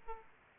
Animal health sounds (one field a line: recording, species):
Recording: mosquito wingbeat signal from an infrared sensor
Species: Aedes aegypti